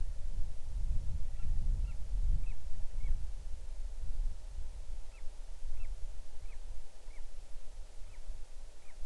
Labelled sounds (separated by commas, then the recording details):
bird
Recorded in the Arctic National Wildlife Refuge, Alaska, on 6 July 2019 at 01:15
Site 39